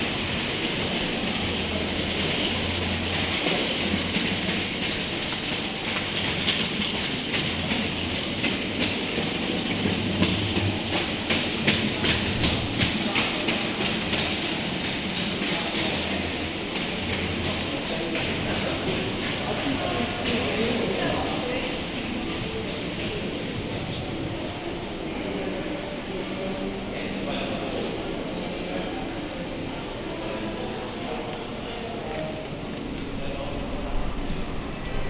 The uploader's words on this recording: Cannon Park Shopping Centre: Morning shoppers in Canley. Our thoughts are interrupted often by the sound of yet another Tesco trolley, as we sit opposite the opticians and let the world pass us by. The recordings were captured using a binaural microphone.